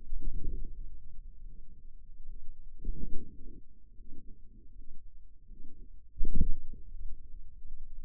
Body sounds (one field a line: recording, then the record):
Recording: forearm muscle sounds (acoustic myography)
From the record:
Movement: wrist flexion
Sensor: system 2, bracelet of six BSWA MPA416 microphones around the upper forearm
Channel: 3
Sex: female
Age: 23 years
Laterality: right